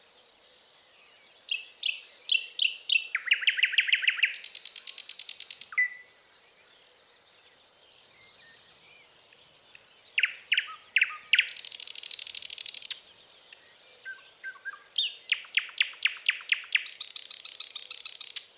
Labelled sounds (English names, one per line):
Thrush Nightingale song